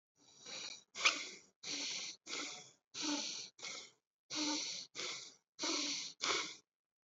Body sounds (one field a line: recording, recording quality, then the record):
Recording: shallow breathing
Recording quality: excellent, no background noise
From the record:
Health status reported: healthy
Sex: male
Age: 26 years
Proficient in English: yes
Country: India